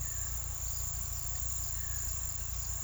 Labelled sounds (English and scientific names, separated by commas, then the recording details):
none
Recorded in pastures near Puerto Asís, Putumayo, Colombia, on 18 December 2024 at 09:00
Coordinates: 0.486, -76.323
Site GP01